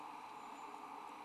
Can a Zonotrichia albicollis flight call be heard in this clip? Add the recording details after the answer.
no. No flight call is heard. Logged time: 01:44 on 18 December 2014